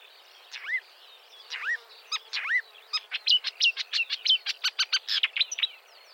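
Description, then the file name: Marsh warbler song opening with a few downslurred whistles, then speeding into a fast series of sharp, repeated chips and short varied notes. "suara kicauan burung marsh warbler. omkicau"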